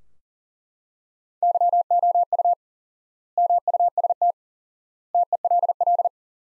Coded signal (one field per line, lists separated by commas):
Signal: Morse code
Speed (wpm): 40 wpm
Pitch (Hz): 700 Hz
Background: none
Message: YOU MUST TELL